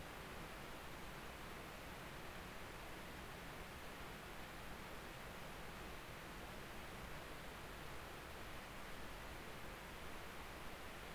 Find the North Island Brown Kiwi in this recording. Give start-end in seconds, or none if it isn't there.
none